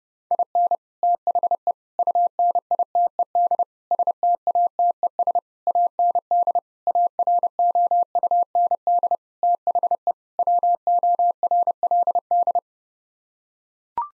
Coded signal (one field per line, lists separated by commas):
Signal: Morse code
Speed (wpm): 32 wpm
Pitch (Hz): 700 Hz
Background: none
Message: IN THE UNITED STATES AND AROUND THE WORLD